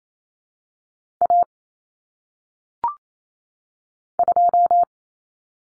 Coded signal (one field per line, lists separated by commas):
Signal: Morse code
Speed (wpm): 28 wpm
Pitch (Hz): 700 Hz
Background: none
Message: A 2